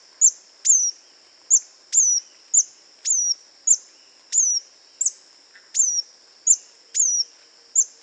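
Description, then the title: Scale-throated hermit giving a steady series of very high sibilant notes with falling tails, paired with crisp clicks, repeated rhythmically without pause. Subspecies Phaethornis eurynome eurynome. "LuckyPassaro Completos2Sama. Scale-throated Hermit (Phaethornis eurynome eurynome)"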